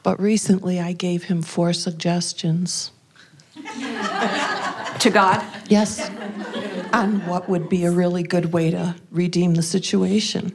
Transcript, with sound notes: But recently I gave Him four suggestions. (laughter)
To God?
Yes, on what would be a really good way to redeem the situation.